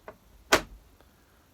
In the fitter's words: a nice click into place and it means it's not gonna drop down and